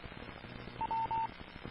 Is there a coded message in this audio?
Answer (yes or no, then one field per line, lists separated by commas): no